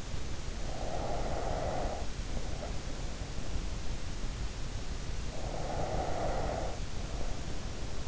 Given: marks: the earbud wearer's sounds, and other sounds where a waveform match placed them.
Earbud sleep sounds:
sounds in sleep by an in-ear microphone; breath
0.58-3.12 s: breath
5.29-8.08 s: breath

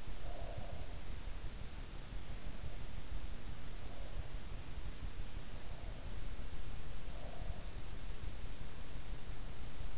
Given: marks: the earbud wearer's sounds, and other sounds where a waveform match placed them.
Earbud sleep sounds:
sounds in sleep by an in-ear microphone; breath
0.00-1.08 s: breath

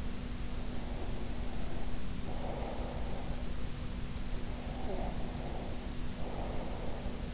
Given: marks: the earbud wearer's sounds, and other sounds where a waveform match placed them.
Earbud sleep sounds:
sounds in sleep by an in-ear microphone; breath, snoring breath
0.49-3.59 s: breath
4.28-7.34 s: snoring breath

